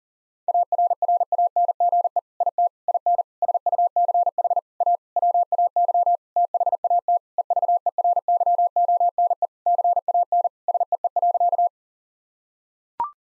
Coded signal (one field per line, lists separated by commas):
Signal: Morse code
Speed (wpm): 40 wpm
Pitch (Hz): 700 Hz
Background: none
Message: ARRANGE IT IN SUCH A WAY THAT EVERYONE CAN SEE.